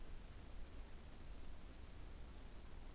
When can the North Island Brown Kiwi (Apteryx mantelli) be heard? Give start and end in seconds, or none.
none